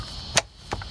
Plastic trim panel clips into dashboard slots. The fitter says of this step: should all pop back in place here a little positive click and